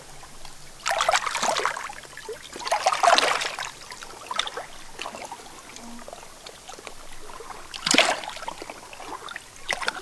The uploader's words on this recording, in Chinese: 千岛湖湖水。声音都是我亲自去田野里录的。